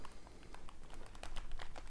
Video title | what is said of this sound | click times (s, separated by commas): KOLTUĞU BOYADIM ! KİWİ KCC 4325 ÇIKARTABİLDİ Mİ ? | birazcık baskı tık diye ses geldi şu an bu buna oturdu | 1.2 s